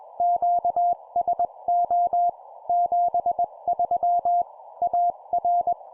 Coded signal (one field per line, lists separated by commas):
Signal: Morse code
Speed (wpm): 21 wpm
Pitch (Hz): 700 Hz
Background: none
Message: QSO 73 AR